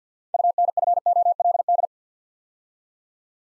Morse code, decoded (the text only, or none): UNFOLD